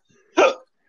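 An adult man gives a single short, sharp hiccup.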